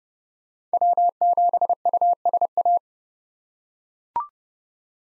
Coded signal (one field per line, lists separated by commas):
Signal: Morse code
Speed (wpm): 32 wpm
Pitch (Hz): 700 Hz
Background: none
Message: W7USA